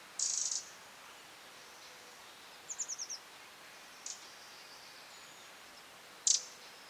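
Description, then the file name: Eurasian wren with a short scratchy rattle, a quick series of four descending chips, a faint tick and a final sharp call, over light background hiss. "Troglodytes troglodytes"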